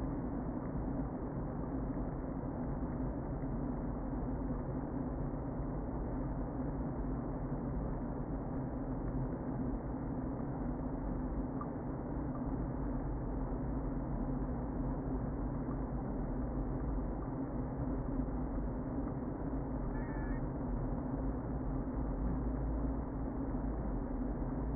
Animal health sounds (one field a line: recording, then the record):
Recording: honeybee colony, microphone inside the hive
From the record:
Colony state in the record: queen present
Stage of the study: before two queens were removed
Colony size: about 60,000 bees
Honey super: yes